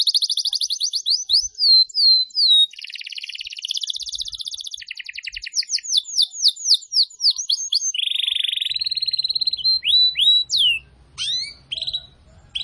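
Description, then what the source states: Atlantic canary pouring out a varied song: rapid rolls, sweeping slurred notes, and buzzy trills in quick succession; faint low noise appears near the end. Canary, called kenari, recording used as a lure for bird-trapping (pikat).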